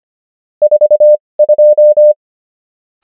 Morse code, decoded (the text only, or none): 42